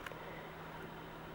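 A Wi-Fi dongle, turned so it appears upside down, is pushed into the USB auxiliary port of a Larson Davis SoundAdvisor 831C sound level meter. A single short click at 0.1 s marks it seating, followed by a steady low hum and faint hiss.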